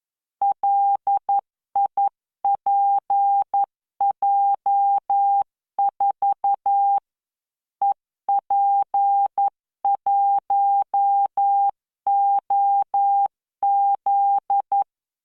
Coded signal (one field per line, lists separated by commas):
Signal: Morse code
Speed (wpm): 11 wpm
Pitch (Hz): 800 Hz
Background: none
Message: LIPJ4 EP1OZ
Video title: tamanのモールス練習動画7（モールス信号 速度11WPM スペース標準）Learn Morse Code